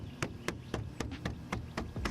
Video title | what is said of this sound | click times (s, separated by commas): BMW F30 REMOVE YOUR KIDNEY GRILLES THE EASY WAY | even pressure make sure all of them lock into place and | 0.2 s, 0.5 s, 1.0 s, 1.5 s, 1.8 s, 2.1 s